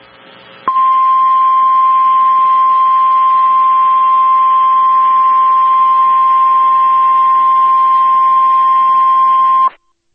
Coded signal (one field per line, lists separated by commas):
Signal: Emergency Alert System (SAME) tones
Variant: 1050 Hz attention tone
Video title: Tornado Warning (Wayne County, PA) (8/18/24) [EAS #12]